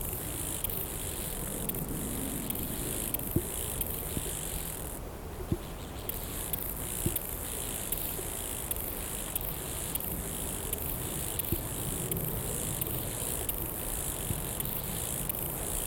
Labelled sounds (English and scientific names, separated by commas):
Steppe Grasshopper (Chorthippus dorsatus) stridulation